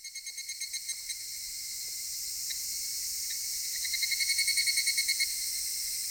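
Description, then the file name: Cicadas singing in a dense, high buzzing chorus, with a rapid pulsing phrase near the start and another swelling pulsed run around four to five seconds. Recorded in Japan. "Cigales nippon"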